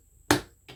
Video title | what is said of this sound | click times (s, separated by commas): Trouble Shooting a Singer/Studio/Silver Reed Stitch Dial | aha and you should hear the positive yeah you should hear it snap in | 0.3 s